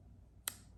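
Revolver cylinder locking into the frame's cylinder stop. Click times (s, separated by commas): 0.5 s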